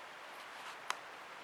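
A wick is pressed onto the little retaining hooks of the wick holder in a Kero World KW-11F kerosene heater that was rusted from water in the kerosene. Over a steady low hiss, one sharp click sounds at 0.9 s as the wick pops into the hooks and seats so it stays in.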